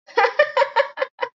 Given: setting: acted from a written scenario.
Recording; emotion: vocal sound without words; amusement